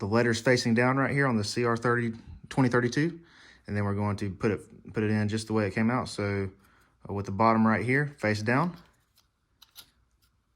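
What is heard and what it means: Someone talks while placing a CR2032 coin cell, lettered side face down and in the same orientation it came out, into the battery holder of a Sprinter van key fob remote. The speech stops, then the cell is pushed fully into its slot with a short, sharp click at 9.6 s, seating the battery.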